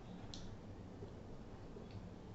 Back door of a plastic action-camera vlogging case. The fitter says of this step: Once you put it, then again you will hear a click sound.